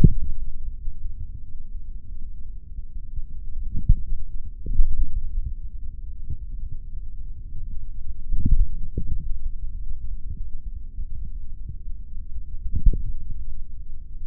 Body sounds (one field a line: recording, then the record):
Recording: forearm muscle sounds (acoustic myography)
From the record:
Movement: finger pinch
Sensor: system 3, bracelet of six PUI Audio POM-2738L microphones around the upper forearm, with dedicated amplification and filtering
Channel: 5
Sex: male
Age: 26 years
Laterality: right